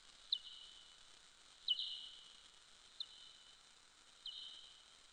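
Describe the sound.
Soprano pipistrelle calls: four sharp, quickly falling chirps, spaced apart over a steady faint hiss.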